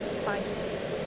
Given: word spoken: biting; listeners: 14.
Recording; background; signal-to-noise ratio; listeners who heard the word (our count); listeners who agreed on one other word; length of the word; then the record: one English word in noise, from a listening test; speech-shaped noise; -5.2 dB; 0 of 14; 11 of 14; 0.66 s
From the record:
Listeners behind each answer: 11, 1, 1, 1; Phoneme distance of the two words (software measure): 10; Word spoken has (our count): 2 syllables, 5 phonemes, stress on syllable 1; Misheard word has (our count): 2 syllables, 5 phonemes, stress on syllable 1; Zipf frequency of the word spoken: 3.84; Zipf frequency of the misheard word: 4.87